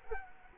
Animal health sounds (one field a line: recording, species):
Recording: mosquito wingbeat signal from an infrared sensor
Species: Culex quinquefasciatus